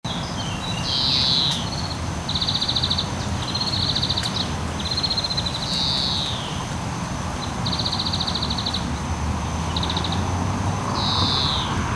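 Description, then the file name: European greenfinch giving short, dry trilled bursts, each up to about a second long and repeated in a rough series, over a steady low rumble of background noise. "Chloris chloris"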